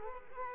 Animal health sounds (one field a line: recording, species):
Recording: mosquito wingbeat signal from an infrared sensor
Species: Culex quinquefasciatus